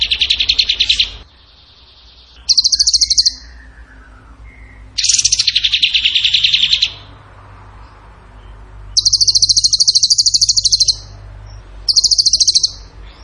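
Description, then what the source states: Bird song delivered as a series of fast, high rattling trills, some lower and fuller, others thin and piercing, with brief gaps and low hum beneath. Masteran training recording; song in the tembakan gacor style.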